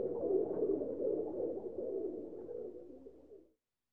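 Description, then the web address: Pigeons cooing: low, rolling, burbling coos running on without a break for about three and a half seconds before fading out. "zvuki prirody golubi"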